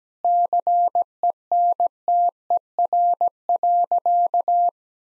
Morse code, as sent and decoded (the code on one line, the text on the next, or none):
-.-. . -. - . .-. .-.-.-
CENTER.